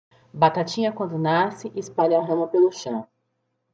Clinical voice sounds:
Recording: short text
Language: Brazilian Portuguese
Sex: female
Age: 20 to 29 years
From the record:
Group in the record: control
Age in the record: 29 years

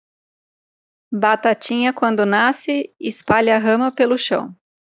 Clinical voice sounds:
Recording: short text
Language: Brazilian Portuguese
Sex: female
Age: 30 to 39 years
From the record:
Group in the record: control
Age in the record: 33 years

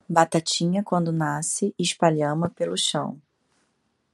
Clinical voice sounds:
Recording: short text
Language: Brazilian Portuguese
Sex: female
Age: 30 to 39 years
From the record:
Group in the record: control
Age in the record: 38 years

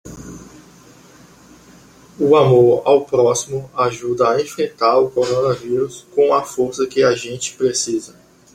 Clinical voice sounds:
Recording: spoken sentence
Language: Brazilian Portuguese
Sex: male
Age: 20 to 29 years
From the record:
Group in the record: control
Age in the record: 27 years

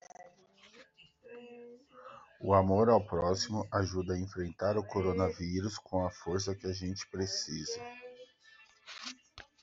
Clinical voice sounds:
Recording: spoken sentence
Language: Brazilian Portuguese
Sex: male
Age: 40 to 49 years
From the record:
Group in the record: control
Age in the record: 43 years

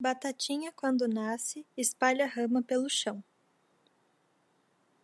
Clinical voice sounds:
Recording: short text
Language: Brazilian Portuguese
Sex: female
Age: 20 to 29 years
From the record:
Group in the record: control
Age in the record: 22 years

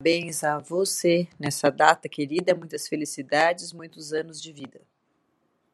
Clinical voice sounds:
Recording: short text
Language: Brazilian Portuguese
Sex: female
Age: 40 to 49 years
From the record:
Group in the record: control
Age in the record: 49 years

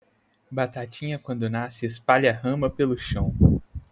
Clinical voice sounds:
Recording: short text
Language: Brazilian Portuguese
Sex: male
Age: 20 to 29 years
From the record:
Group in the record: control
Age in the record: 29 years

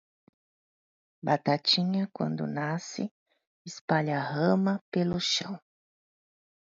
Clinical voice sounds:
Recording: short text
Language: Brazilian Portuguese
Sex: female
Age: 50 to 59 years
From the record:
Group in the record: control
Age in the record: 53 years

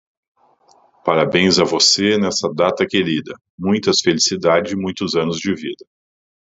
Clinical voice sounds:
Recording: short text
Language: Brazilian Portuguese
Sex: male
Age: 40 to 49 years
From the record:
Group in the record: control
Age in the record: 42 years

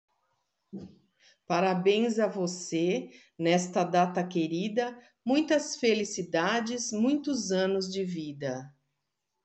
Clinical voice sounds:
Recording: short text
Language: Brazilian Portuguese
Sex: female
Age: 50 to 59 years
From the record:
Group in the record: control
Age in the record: 53 years

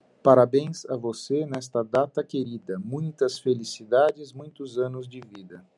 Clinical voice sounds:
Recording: short text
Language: Brazilian Portuguese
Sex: male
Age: 50 to 59 years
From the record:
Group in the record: control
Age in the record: 56 years

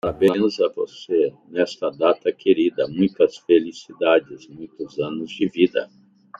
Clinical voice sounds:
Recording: short text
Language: Brazilian Portuguese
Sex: male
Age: 60 to 69 years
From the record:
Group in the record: control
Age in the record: 68 years

